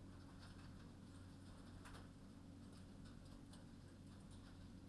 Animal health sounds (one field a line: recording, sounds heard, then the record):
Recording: poultry house recording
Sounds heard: no chicken sound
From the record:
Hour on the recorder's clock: 22